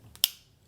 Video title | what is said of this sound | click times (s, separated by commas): Safe to Drink - Unboxing Battlbox Mission 122 - Pro Plus - April 2025 | And that one just really um definitely clicks right in. | 0.2 s